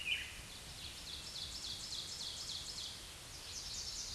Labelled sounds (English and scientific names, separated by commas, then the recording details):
Ovenbird (Seiurus aurocapilla) song
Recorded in a Pennsylvania forest on 16 May 2024 at 06:59
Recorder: AudioMoth, point MSD-2376
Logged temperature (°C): 16.7 °C
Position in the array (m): 82 m, -3 m